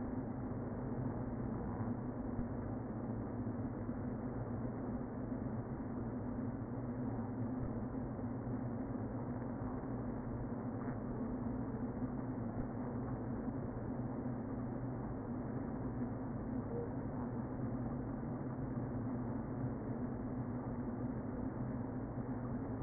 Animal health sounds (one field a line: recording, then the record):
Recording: honeybee colony, microphone inside the hive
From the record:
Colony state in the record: queen present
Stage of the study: before two queens were removed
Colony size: about 60,000 bees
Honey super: yes